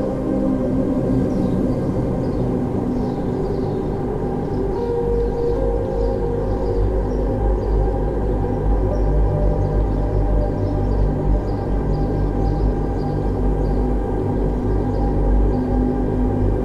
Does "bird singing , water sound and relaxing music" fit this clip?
yes